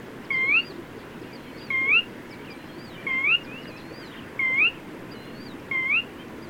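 Bird giving a crisp rising whistle five times at regular intervals, while other birds add wavering higher notes in the background.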